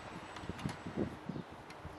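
An LED light bar for a Spider Farmer SE5000 grow light is handled against the grow light frame on its unwired side, where it clips in. Low, soft rustling and handling noise with a few faint knocks is heard, including a brief sharper tap at about 0.4 s. Nothing has seated or clicked yet.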